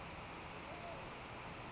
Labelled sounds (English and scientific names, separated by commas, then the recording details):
Western Flycatcher (Empidonax difficilis)
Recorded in Sonoma County, California